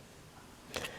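The two halves of a small plastic microwave door microswitch housing are pressed back together around the contact after its burnt contacts were sanded. A faint, sharp snap at 0.8 s stands out over a quiet background as the housing seats back together.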